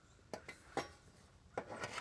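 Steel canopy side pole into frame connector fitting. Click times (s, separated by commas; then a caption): 0.3 s. A side pole of a steel carport canopy frame is lifted and pushed into its frame connector fitting, giving a sharp metallic click at 0.3 s as it seats. Further short knocks and rattles of metal follow at about 0.5, 0.8, 1.6 and 1.8 to 2.0 s. The pole ends up seated in the fitting.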